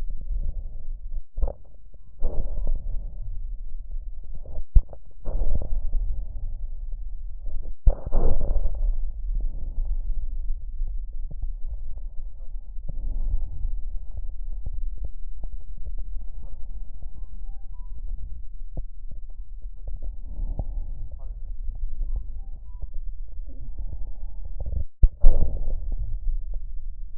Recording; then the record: lung sounds by stethoscope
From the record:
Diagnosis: emphysema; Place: left posterior upper chest